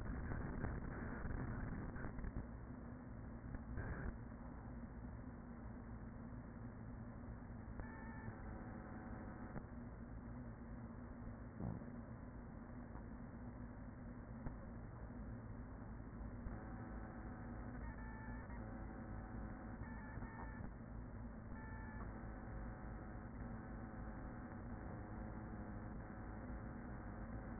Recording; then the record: honeybee colony, microphone inside the hive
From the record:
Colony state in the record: queen present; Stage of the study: after two queens were removed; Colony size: about 40,000 bees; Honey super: no